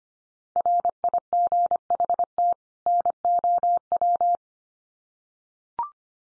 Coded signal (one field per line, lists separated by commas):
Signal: Morse code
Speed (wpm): 25 wpm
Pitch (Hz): 700 Hz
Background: none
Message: RIGHT NOW